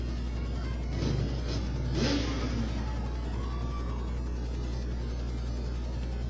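Racing cars driven by youngsters in the training stages circle a track in an evening heat race, their engines a steady low drone with two louder whooshing surges as cars pass, then a brief rising whine. No voices.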